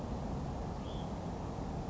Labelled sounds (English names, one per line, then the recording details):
Hutton's Vireo
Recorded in Sonoma County, California